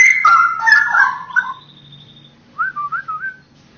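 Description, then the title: Oriental magpie-robin song: a rich burst of varied, scratchy and whistled notes, a thin sustained high whistle, then a short wavering whistled phrase after a pause. "Kicau Kacer"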